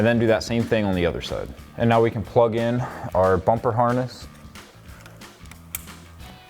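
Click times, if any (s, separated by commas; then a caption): 5.8 s. Someone talks over background music while installing Raxiom Axial Series LED fog lights on a 2014-2015 Sierra 1500, then quiet handling ticks follow as the two plastic halves of the bumper wiring harness connector are pressed together. A sharp click at 5.8 s marks the connector seating, before the red locking tab is pushed in.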